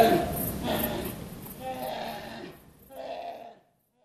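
Brown bear calls: a few harmonic, bleating cries that fade out, then a short final cry before silence.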